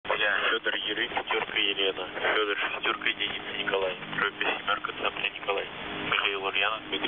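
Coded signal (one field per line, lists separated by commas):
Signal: coded military voice message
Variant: The Pip, Russian voice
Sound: a man speaking steadily over a narrow, noisy radio channel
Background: radio static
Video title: The Pip | 21st August 2023 | "Dlya" Voice Message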